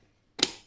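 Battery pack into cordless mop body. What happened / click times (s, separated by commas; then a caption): The battery pack snapped into its housing / 0.4 s. A rechargeable battery pack is pushed into the back of a VMAI cordless electric mop body and snaps into place with a single sharp click at 0.4 s that decays quickly. The battery is confirmed seated in the mop.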